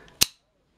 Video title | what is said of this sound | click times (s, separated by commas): Gerber Recoil Review | we can let that go out out come the fly heads and it locks in place | 0.2 s